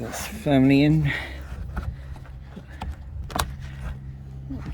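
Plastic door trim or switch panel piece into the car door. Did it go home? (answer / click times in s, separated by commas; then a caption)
yes / 3.4 s. A plastic door trim or switch panel piece is pushed home into the driver's door of a Saab 9-3 during reassembly after repairing the window switches. Someone talks at the start, a few faint knocks and handling sounds follow, and then a sharp click at 3.4 s shows the piece has seated in place.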